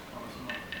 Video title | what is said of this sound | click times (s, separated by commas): Manual handle remove replace barrel | and it should lock into place. | 0.5 s, 0.7 s